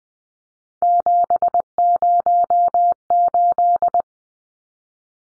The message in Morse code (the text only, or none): 708